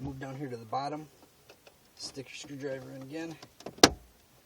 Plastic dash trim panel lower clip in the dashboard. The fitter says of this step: pop pop that one out fingers in there and just